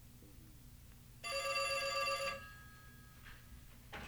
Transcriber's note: a telephone rings